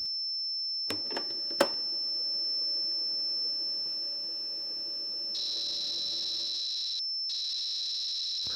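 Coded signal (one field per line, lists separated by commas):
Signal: computer data on cassette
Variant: Atari 8-bit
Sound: high steady whistle with a few clicks, then harsh high-pitched data screech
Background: low hum, clicks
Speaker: Wait a second, what is this strange radio show? Please stay calm, it is not the aliens from another planet who attack the Earth. This is only the Polish broadcast for 8-bit computers rovers from many years ago.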